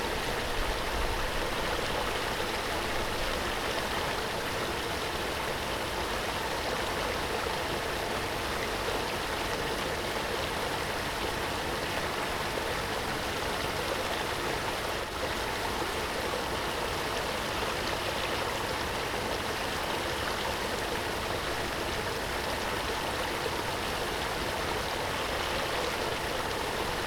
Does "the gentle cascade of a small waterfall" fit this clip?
yes